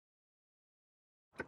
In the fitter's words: on the bottom here so you just want to plug this in just like your old one it should snap right in